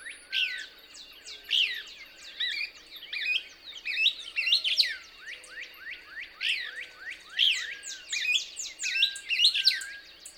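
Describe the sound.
Couch's Kingbird song, bursts of high, sharp twittering notes, many quickly downslurred and overlapping, with soft low whistles beneath and a steady high tone throughout.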